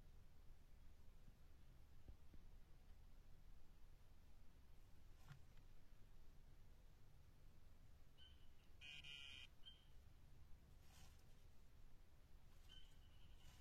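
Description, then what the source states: Dyeing poison dart frog calls: a buzzing high trill overlapped by a loud crackling burst, then another trill near the end, above steady low rumble. Dendrobates tinctorius calling, recorded at Tumucumaque.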